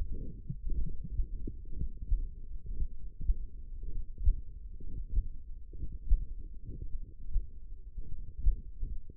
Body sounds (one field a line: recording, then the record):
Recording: forearm muscle sounds (acoustic myography)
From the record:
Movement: tripod grip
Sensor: system 1, eight BSWA MPA416 microphones around the upper forearm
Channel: 3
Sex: male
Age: 23 years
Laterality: right